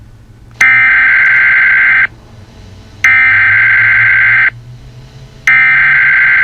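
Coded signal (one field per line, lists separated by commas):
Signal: Emergency Alert System (SAME) tones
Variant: header bursts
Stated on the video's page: Simulated EAS scenario, not a real alert.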